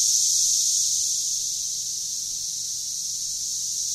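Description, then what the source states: Periodical cicadas in a dense, continuous high-pitched droning chorus, steady and unbroken, slightly louder at the start and then holding level. Backyard chorus under trees, 13-year cicada outburst, Franklin, Tennessee, 30 May 2011; pulses every 5–6 seconds, 90–99 dB; audible from inside the house, louder at the back where trees stand closer.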